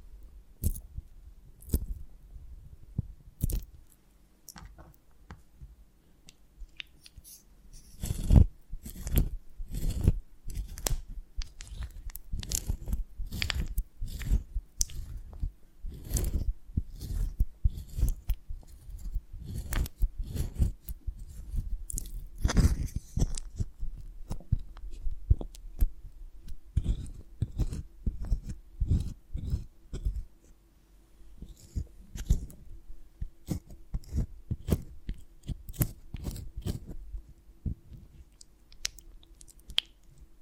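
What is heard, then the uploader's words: Honeycomb on a branch gives dense, irregular crisp crunching and snapping clicks throughout, busiest from eight to thirty seconds, over a faint low hum. ASMR of a Honeycomb on Branch (No Talking).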